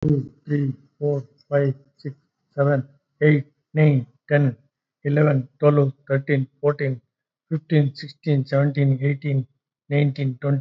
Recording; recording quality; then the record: counting at a fast pace; excellent, no background noise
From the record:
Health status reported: COVID-19 positive, mild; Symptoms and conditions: cough, fever, fatigue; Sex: male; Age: 62 years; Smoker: not ticked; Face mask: not worn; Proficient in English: yes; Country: India